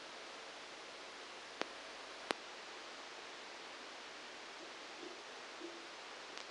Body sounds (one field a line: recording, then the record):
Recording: brain microelectrode recording played as sound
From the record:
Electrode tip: outside the subthalamic nucleus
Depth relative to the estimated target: -8 mm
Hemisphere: right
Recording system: NeuroSet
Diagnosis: Parkinson's disease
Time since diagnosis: 9 years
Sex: male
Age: 56 years